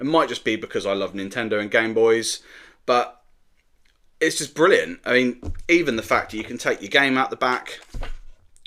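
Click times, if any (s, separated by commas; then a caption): 8.6 s, 8.7 s. Someone talks while a plastic brick-built game cartridge is pushed into the back slot of a brick-built LEGO Nintendo Game Boy handheld console model. Two sharp clicks at 8.6 s and 8.7 s mark the cartridge seating into place.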